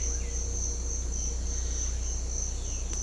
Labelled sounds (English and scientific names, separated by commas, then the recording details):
none
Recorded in secondary vegetation near Puerto Asís, Putumayo, Colombia, on 16 December 2024 at 06:30
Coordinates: 0.500, -76.326
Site G065